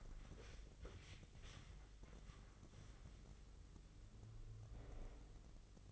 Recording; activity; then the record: daily activity, microphone in the room; wipe stove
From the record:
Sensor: 4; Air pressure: 996.9 hPa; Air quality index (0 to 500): 92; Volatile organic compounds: 5 ppm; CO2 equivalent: 1792 ppm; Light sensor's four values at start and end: 18/51/19/21 and 18/49/19/20